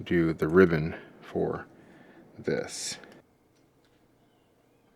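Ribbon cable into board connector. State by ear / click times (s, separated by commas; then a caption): not seated / none. A flat ribbon cable is being handled to go into its connector on the board. Someone talks for about the first three seconds, followed by near-silence with only a faint tick around 3.9 s. Nothing has seated or clicked yet.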